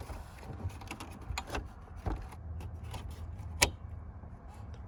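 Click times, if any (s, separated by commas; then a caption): 1.4 s, 3.6 s. Two wiring harness connectors are plugged into the back of the instrument cluster of a 10th-generation Ford F-150 as the cluster is reinstalled during a dash light fix, with light handling and rustling sounds. Sharp clicks are heard at 1.4 s and 3.6 s, the second being the loudest. Both connectors are confirmed seated.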